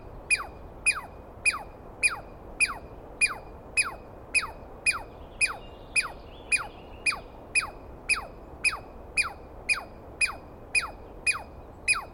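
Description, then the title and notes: Douglas squirrel giving repeated piercing chirps that drop sharply in pitch, spaced a little over half a second apart. Douglas pine squirrel screaming at length at dawn on the morning of 21 April 2017 in the East Cascades, startling the recordist awake; identified by sound, not clearly seen. "On the morning of 21 April, 2017, I set up my microphones and recorder for a nice dawn recording in the East Cascades. I was started awake by a screaming Douglas Pine Squirrel."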